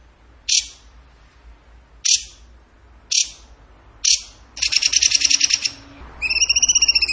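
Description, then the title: Bird song: four sharp clicks, then a dense buzzy trill and a run of rapid, wavering high whistles. Singing in gacor tembakan style, used as masteran to train other songbirds. "Masteran Burung Tembakan Gacor"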